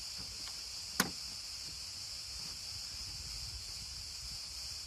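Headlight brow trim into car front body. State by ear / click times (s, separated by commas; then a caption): seated / 1.0 s. A headlight brow trim piece on a Tofaş is pressed onto the car's front body until its clips seat. One sharp click is heard at 1.0 s over a steady high-pitched hiss and low rumble. Afterwards the trim is seated in place.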